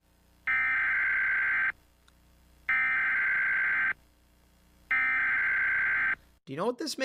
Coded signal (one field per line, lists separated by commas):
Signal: Emergency Alert System (SAME) tones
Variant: header bursts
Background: speech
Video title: Reacting to EAS alarms from around the world.. (VOD)